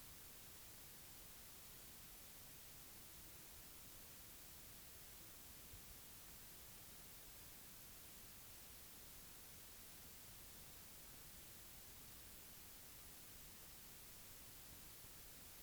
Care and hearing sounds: daily activity, guitar pickup as the sensor; drink water

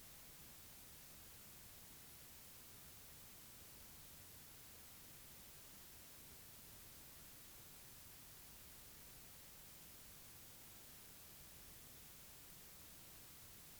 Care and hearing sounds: daily activity, guitar pickup as the sensor; drink water

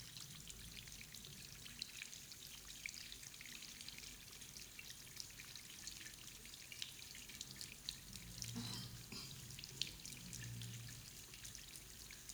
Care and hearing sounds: daily activity, guitar pickup as the sensor; wash hands

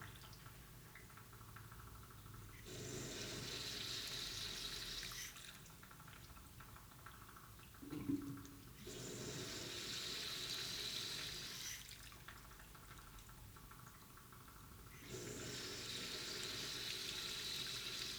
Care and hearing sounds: daily activity, guitar pickup as the sensor; flush

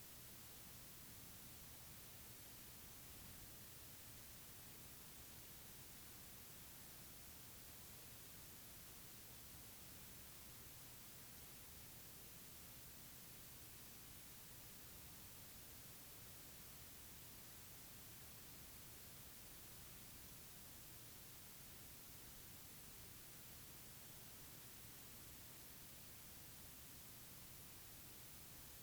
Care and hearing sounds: daily activity, guitar pickup as the sensor; lie down

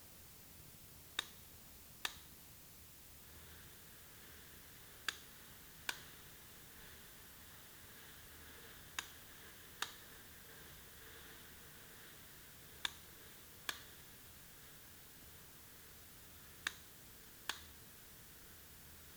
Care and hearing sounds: daily activity, guitar pickup as the sensor; operate light

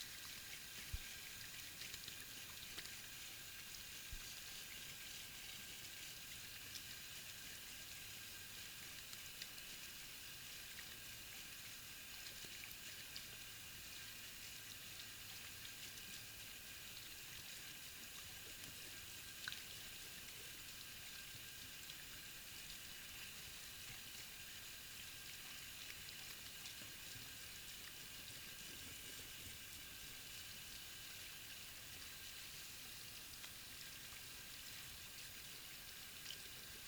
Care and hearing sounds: daily activity, guitar pickup as the sensor; wash hands

